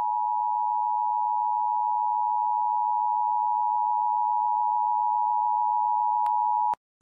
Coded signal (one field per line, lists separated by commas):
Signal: Emergency Alert System (SAME) tones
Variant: 853 and 960 Hz attention tone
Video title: EAS Local Area Emergency Dolores County, Colorado